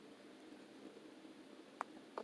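A plastic washer backing is pushed onto the post of a plastic safety eye through the crocheted fabric of an amigurumi toy. Over a quiet background, a sharp snap at 1.8 s marks the backing seating into place, followed by a softer click at 2.2 s. The safety eye backing is seated.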